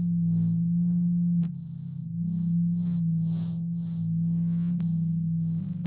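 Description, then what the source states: Blue whale call, a sustained low moan with a faint lower second tone, briefly dipping in loudness, with a few scattered clicks. Recorded in the Atlantic.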